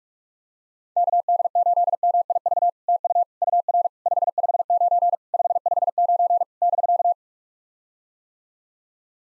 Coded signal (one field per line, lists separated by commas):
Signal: Morse code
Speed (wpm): 46 wpm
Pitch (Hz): 700 Hz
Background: none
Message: KD8MIV TU UR 559 559 <BK>